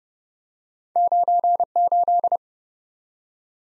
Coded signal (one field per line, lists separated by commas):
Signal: Morse code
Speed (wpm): 30 wpm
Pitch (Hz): 700 Hz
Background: none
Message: 98